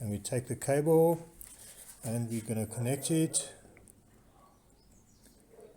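A cable plug is lined up with the notched connector on a water pressure sensor while someone talks, followed by faint small handling taps and rubbing in a quiet stretch. Nothing has seated or clicked yet.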